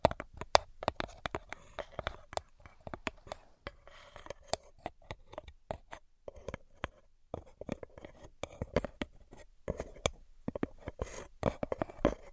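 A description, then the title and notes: Rapid 3D tapping, with sharp clicks and taps coming in dense, uneven bursts across the whole twelve seconds, a few per second and sometimes clustered. The hits are crisp and bright, with a faint soft rustle between them and a few short pauses. Brain Penetrating 3D Tapping. (No Talking).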